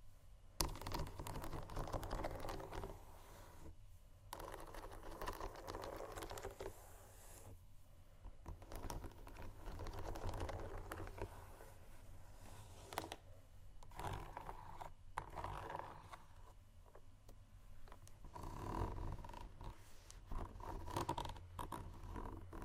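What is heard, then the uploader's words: Shoes scratching and tapping on a hard floor, with dense scraping textures broken by sharp taps and brief pauses. The activity runs fairly continuously and irregularly, with bursts around four, eight, thirteen and fifteen seconds, over a low steady hum. ASMR Shoes Scratching & Tapping（No Talking）.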